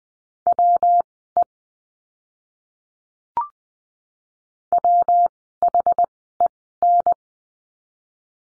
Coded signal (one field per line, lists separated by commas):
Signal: Morse code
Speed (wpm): 20 wpm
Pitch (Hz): 700 Hz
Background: none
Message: WE WHEN